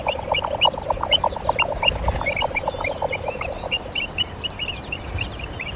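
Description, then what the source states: Jack snipe display sound: a hurried, rhythmic galloping of hollow pulses, with higher ticking notes running alongside in the same beat. Ghostly sound heard from the sky on dark spring nights, likened to messages from beyond the stars.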